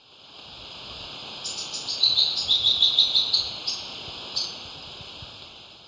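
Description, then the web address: Gray-throated leaftosser song: a quick run of sharp, high notes lasting under two seconds, over a steady high hiss. Recorded in Ecuador. "Birds of Ecuador 2. Gray-Throated Leaftosser"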